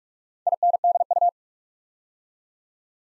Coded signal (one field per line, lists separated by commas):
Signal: Morse code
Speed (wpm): 44 wpm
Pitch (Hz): 700 Hz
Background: none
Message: INDU